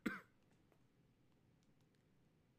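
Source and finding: Man. Cough.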